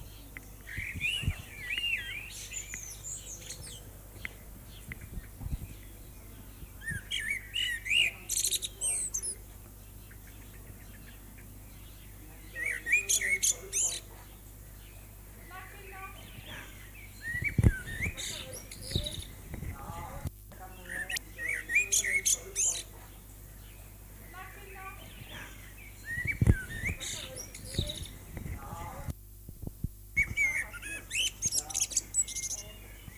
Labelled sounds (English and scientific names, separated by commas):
Common Blackbird (Turdus merula) song